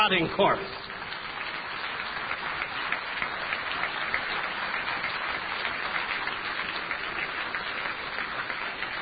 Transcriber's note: applause